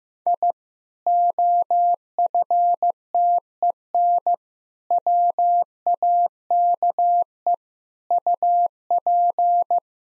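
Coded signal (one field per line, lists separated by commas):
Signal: Morse code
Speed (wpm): 15 wpm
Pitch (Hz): 700 Hz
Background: none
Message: I OFTEN WAKE UP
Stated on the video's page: Morse practice at 15 wpm: sentences containing common eight-word phrases, each sent, spoken, then sent again for head-copy.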